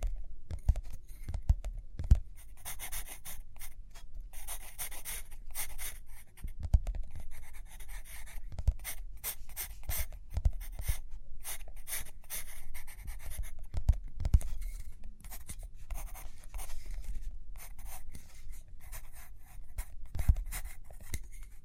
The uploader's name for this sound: Page Turning and Tapping, Writing, Drawing